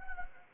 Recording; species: mosquito wingbeat signal from an infrared sensor; Anopheles gambiae